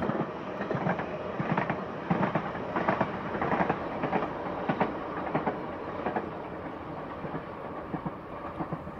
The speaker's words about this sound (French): Je sais pas si vous avez entendu, mais... parce que c'est ça, la contemplation, il y a du silence. Donc quand il y a un événement sonore, il est mis en relief. Et deux trains qui passent à la suite n'ont pas le même rythme.